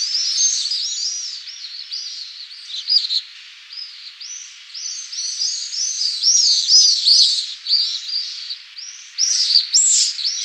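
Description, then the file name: Pallid swift chorus: many shrill, buzzy screams overlapping continuously, some rising and falling, with several birds calling together throughout. "rondone pallido"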